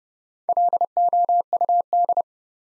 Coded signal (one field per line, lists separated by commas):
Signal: Morse code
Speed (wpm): 32 wpm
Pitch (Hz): 700 Hz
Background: none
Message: LOUD